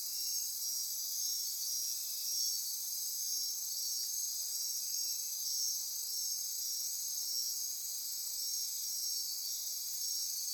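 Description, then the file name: Insect chorus, a continuous high-pitched shimmering trill, steady in loudness, with faint lower buzzing beneath throughout. Midnight insect chorus near Corcovado. "Wind-is-the-Original-Radio-Fridays 20240628 Andy-Martin Midnight-Insect-Chorus-Near-Corcovado"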